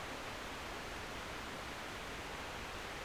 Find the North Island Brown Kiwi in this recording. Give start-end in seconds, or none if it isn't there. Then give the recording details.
none. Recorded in New Zealand on 24 November 2015. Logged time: 04:12. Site DD67